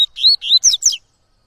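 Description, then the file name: Yellow-bellied seedeater giving a single brisk song phrase of four or five sweet upslurred whistles that turn slightly buzzy at the end, lasting about one second. "canto de coleiro baiano"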